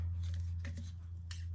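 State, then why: Not seated. A plastic Rays center cap is handled and lined up by hand over the center bore of an alloy wheel lying flat, from a 2021 Honda Civic Type R. Over a steady low hum, faint handling taps and rustles come at about 0.3, 0.7 and 1.3 s. The cap has not yet been pushed home, and nothing has seated or clicked yet.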